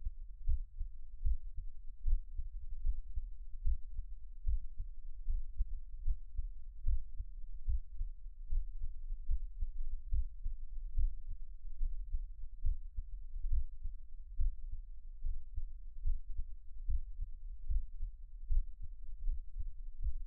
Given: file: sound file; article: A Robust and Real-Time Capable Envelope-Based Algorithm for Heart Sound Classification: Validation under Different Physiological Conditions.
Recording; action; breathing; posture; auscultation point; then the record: heart sounds by electronic stethoscope; rest; normal; sitting; Erb’s point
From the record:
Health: healthy, no known heart disease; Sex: male